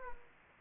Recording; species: mosquito wingbeat signal from an infrared sensor; Aedes aegypti